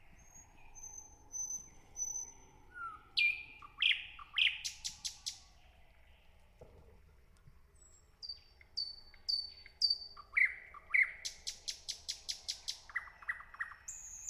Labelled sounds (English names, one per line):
Thrush Nightingale song